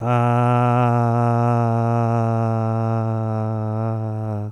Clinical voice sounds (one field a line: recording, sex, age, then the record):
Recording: sustained vowel /a/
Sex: male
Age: 60 to 69 years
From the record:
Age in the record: 64 years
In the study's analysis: included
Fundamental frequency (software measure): 116 Hz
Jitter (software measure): 0.25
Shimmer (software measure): 0.82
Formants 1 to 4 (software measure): 725 Hz, 1301 Hz, 2602 Hz, 3876 Hz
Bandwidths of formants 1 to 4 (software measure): 130 Hz, 141 Hz, 234 Hz, 437 Hz